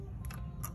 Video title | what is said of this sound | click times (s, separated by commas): Cleaning & Threading our Bernina Q Series Longarm | put it in I hear the click I'm happy with that | 0.7 s